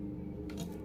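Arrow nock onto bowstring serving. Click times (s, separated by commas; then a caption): 0.5 s, 0.6 s. A plastic arrow nock is fitted onto the serving, the wrapped centre section, of a fibreglass bowstring. Two short clicks are heard at 0.5 s and 0.6 s over a steady low hum, and the nock seats on the string.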